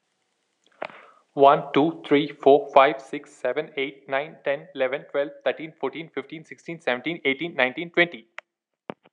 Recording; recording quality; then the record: counting at a fast pace; excellent, no background noise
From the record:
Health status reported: healthy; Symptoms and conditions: none ticked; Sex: male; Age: 31 years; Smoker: not ticked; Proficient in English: yes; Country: India